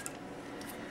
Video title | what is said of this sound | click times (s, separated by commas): Delphi Connector pn 72 OBD1 Connector TPI | and then go ahead and place it back in the same cavity until it clicks and you're done you | 0.1 s